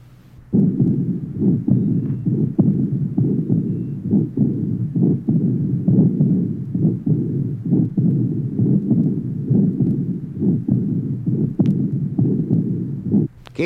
Age 58, aortic stenosis and insufficiency, left sternal border area.